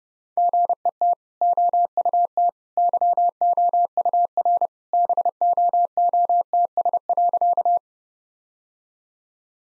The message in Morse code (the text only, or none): GET OUT YOUR BOOTS.